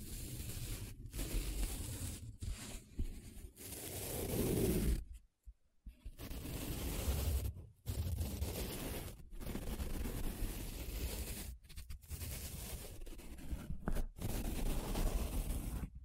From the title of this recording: Different Paper Sounds Tracing, Scratching, Rubbing